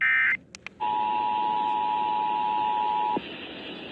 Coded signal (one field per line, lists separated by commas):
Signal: Emergency Alert System (SAME) tones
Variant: 853 and 960 Hz attention tone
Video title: Iowa EAS Required Monthly Tests (March 6, 2019)